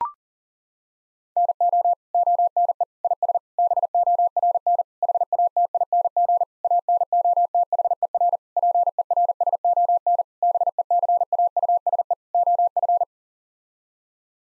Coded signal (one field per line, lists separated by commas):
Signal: Morse code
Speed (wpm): 40 wpm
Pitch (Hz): 700 Hz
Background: none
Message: NO ONE IS BORN HATING ANOTHER PERSON BECAUSE OF